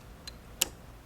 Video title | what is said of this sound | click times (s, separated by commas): Viking Opal 690Q | click it in, and you'll hear and feel a little click. | 0.6 s